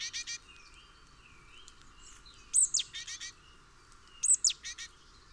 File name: Parus major